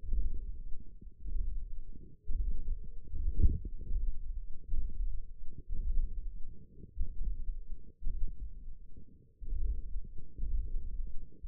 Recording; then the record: forearm muscle sounds (acoustic myography)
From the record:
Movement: hand opening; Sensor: system 1, eight BSWA MPA416 microphones around the upper forearm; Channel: 3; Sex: female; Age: 21 years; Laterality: right